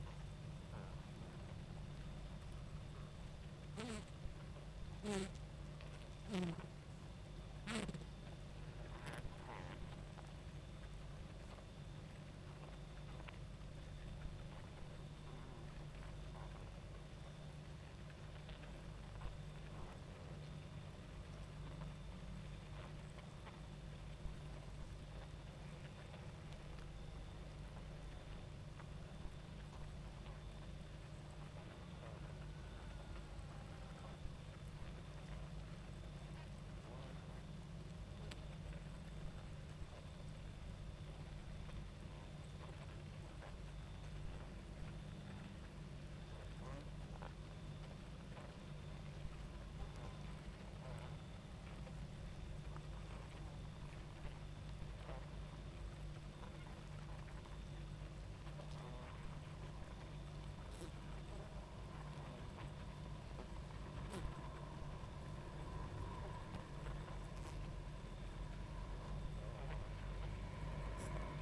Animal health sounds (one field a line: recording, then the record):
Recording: honeybee colony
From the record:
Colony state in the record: active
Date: 28 July 2017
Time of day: 22:35